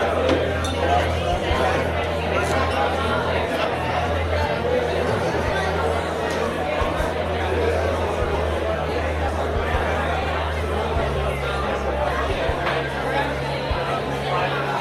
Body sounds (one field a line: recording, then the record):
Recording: background sound without coughing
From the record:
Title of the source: CITY SOUNDS Busy Bar in the Evening Night - 2 HOURS of Ambiance for Relaxation